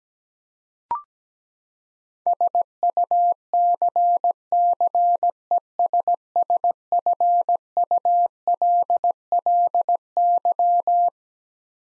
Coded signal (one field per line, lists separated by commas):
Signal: Morse code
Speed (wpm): 17 wpm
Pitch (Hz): 700 Hz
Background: none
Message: SUCCESSFULLY